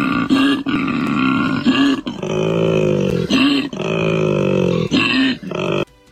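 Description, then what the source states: Koala bellowing: long, deep, rasping snore-like pulses alternating with short, harsher grunts, repeated several times. Played in a quiz; Australian species; described as its 'come get some booty' sound.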